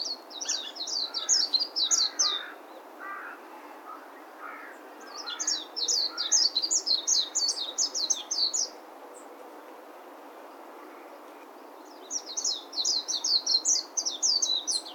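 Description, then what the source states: Warbling white-eye song: three fast, high twittering bursts of jumbled warbled notes separated by pauses, over steady background hiss. Recorded 10 April 2021.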